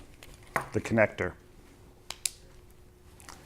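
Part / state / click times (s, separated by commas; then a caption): rubber strain-relief boot onto the back of a coaxial cable connector / seated / 2.1 s, 2.3 s. Someone talks while a lubricated rubber strain-relief boot is pushed over the back of a crimped coaxial connector on Times Microwave Systems LMR-400 cable. Two sharp snaps at 2.1 s and 2.3 s are the boot's internal ribs snapping over the connector's ribs, and the boot is seated.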